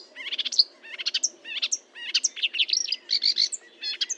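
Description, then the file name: Marsh warbler pouring out quick, varied song phrases of chirps, trilled clusters and bright high whistles, with barely any gaps. Recorded at Fontaine-Française (Fourneau), 1 June 2022 at 10:55, with a Nagra recorder and Telinga microphone. "Rousserolle verderolle 1055 Fontaine-Francaise-Fourneau"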